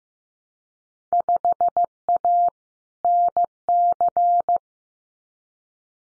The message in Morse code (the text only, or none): 5A NC